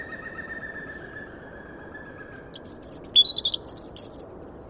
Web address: SETE Erithacus rubecula